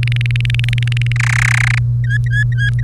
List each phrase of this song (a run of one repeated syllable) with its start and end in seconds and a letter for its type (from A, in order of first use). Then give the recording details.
0.03-1.12 A, 1.16-1.78 B, 2.04-2.83 C. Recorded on 30 April 2018 at 17:44. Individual llb3